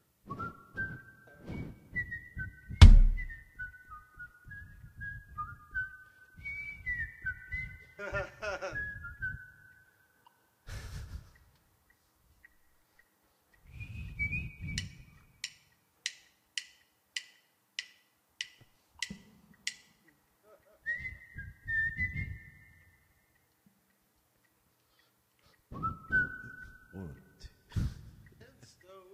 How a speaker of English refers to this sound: I'll just whistle, you play.